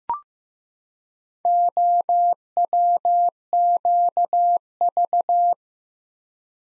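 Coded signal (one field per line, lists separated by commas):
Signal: Morse code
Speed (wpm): 15 wpm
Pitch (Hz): 700 Hz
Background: none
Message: OWQV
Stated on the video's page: Morse practice at 15 wpm of random four-character letter-number groups, each sent twice.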